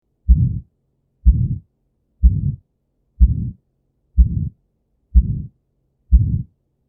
Heart Murmurs: Aortic Stenosis. Aortic stenosis: an ejection systolic murmur which radiates to the carotids.